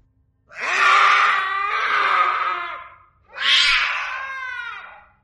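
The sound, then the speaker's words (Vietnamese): A cat darting out of a wall corner in a kitchen's dry-food and spice storeroom screeches in two long, harsh yowls, the first stretching over two seconds with a wavering pitch, the second shorter after a brief pause. Loud and strained, with no talking. “Nhưng nghe tiếng kêu thì có thể đoán đó là một con mèo.”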